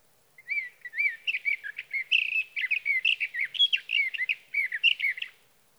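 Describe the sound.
Sage thrasher song: a long, continuous run of rapid warbled notes, twisting up and down without pause for about five seconds, clean background.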